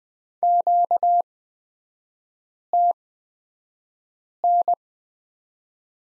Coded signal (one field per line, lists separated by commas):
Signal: Morse code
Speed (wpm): 20 wpm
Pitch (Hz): 700 Hz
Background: none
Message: QTN